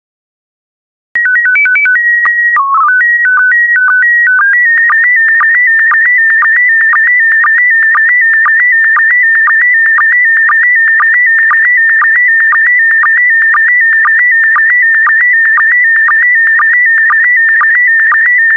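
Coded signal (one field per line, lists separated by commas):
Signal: SSTV (slow-scan television)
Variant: PD120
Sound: warbling tone header, then steady buzzing scan tone with regular clicks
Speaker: get ready starting transmission in 5 4 3 2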